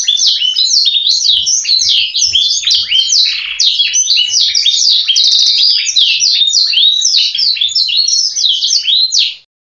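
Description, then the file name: Canary song, a rapid unbroken stream of bright chirps and rolling trills that stops abruptly near the end. Canary song with 'blacksang' fill-in phrases. "kenari isian blacksang omkicau"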